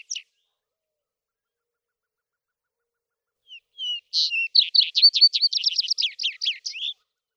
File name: Vesper Sparrow